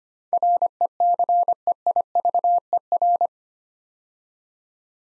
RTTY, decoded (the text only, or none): none